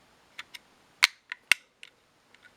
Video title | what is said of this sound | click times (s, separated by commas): MYSTERY BOX MONDAY Episode 44 | Clicks back in pretty easily. | 1.5 s